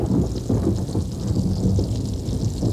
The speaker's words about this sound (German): Ach, die Hitze geht zu Ende, Benedikt. Manchmal erzählen Gewitter nur vom nächsten heißen Tag.